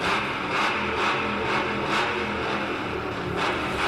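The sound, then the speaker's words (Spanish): A car engine roars and revs continuously, loud and gritty, with a low rumble beneath and repeated surges of rising intensity. No voices are heard. “Así que, aún es momento, si no lo has visto nunca, de encender tu auto.”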